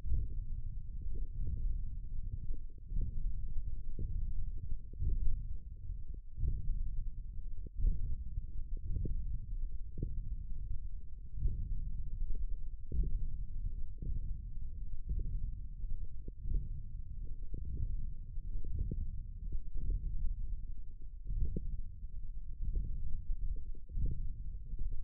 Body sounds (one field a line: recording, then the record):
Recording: forearm muscle sounds (acoustic myography)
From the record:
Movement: wrist extension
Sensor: system 1, eight BSWA MPA416 microphones around the upper forearm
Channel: 6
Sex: male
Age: 21 years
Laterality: right